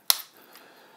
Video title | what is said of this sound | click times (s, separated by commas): Armada Megatron - Transformers: Combiner Wars | flip that up to get out of the way and just fold these down until they click | 0.1 s